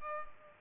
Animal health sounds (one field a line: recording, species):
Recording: mosquito wingbeat signal from an infrared sensor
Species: Culex pipiens